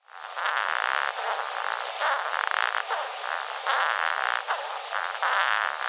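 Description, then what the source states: Horned beetle courtship song, a dense raspy buzzing band in pulses of uneven length separated by brief gaps, continuing steadily throughout. Male horned beetles singing to court females rather than using their horns; females ignore the horns.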